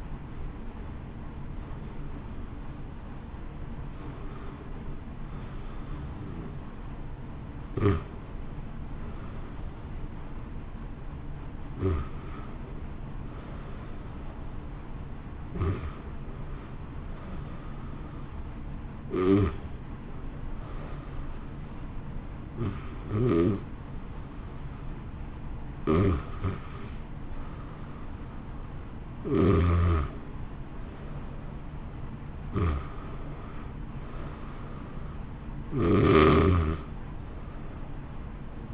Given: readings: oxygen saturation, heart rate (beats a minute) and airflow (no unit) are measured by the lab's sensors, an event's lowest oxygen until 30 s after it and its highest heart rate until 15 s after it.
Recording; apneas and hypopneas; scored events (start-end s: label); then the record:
breathing in sleep by a smartphone at the bedside; 1
6.00-29.80 s: hypopnea (N1, oxygen 92% highest, then 86% lowest, heart rate 67 at the start, 69 highest)
From the record:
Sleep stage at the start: N1 (lightest sleep); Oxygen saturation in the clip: 87 to 92%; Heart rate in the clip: 66 to 69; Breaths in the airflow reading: 11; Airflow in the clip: -1.1 to 1.6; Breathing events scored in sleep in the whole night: 328 in 6.3 hours asleep